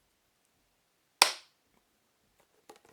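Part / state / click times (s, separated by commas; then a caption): lid locking clip onto food storage container body / seated / 1.2 s. A hinged plastic clip on the lid of a Sistema Ultra Square Tritan food storage container is pressed down over the protrusion on the container's indented side with little effort. One sharp, loud snap at 1.2 s shows the clip locking in place, followed by a few faint, short knocks near the end.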